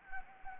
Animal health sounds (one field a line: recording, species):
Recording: mosquito wingbeat signal from an infrared sensor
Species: Anopheles gambiae